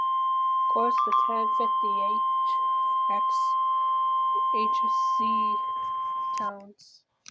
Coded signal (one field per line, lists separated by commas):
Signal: Emergency Alert System (SAME) tones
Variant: 1050 Hz attention tone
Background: speech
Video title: EAS Scenario #4 Robert The Shark Error Part 1 Without Sirens)